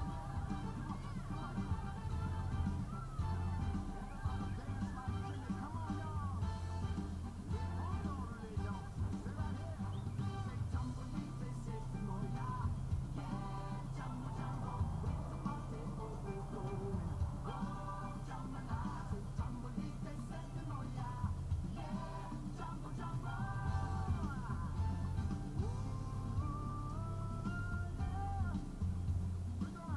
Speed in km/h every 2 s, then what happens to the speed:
0, 0, 2, 0, 0, 0, 0, 0, 0, 0, 2, 0, 0, 0, 0.
0-30 standing.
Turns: none.